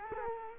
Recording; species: mosquito wingbeat signal from an infrared sensor; Culex quinquefasciatus